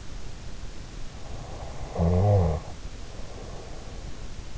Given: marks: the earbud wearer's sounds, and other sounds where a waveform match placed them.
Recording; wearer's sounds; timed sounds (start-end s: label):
sounds in sleep by an in-ear microphone; snoring breath
1.41-4.22 s: snoring breath